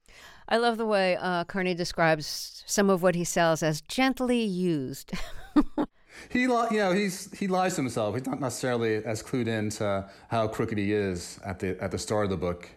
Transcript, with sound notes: I love the way Carney describes some of what he sells as gently used (laughter)
He - you know, he's - he lies to himself. He's not necessarily as clued in to how crooked he is at the start of the book.